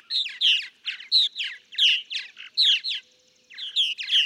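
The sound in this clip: Purple martin song of croaking, gurgled notes delivered in short bursts, with a brief silent gap before the chatter resumes.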